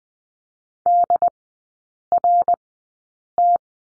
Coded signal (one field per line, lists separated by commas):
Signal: Morse code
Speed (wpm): 20 wpm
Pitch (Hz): 700 Hz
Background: none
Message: DRT